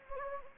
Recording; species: mosquito wingbeat signal from an infrared sensor; Anopheles arabiensis